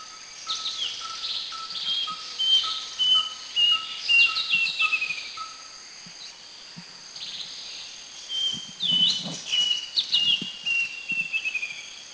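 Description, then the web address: Asian drongo-cuckoo calling: series of clear, high whistled notes given in quick runs, with a lower whistled series and insect buzzing behind them. Recorded at Krung Ching, Thailand. "Thailand Krung Ching 09 Asian Drongo Cuckoo"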